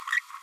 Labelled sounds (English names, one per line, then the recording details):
Green-rumped Parrotlet babbling
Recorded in a nest box in Venezuela
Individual 18B25A5